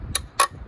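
A click-type torque wrench set to 18 ft-lb tightens the oil filter housing cap on a Dodge Challenger 3.6 for a second time, and it clicks again at 0.2 s. A second, longer and slightly louder snap follows at 0.4 s. The second torque confirms the setting and the cap is good.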